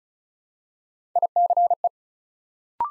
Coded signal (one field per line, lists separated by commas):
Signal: Morse code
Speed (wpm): 35 wpm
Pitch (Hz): 700 Hz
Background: none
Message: ICE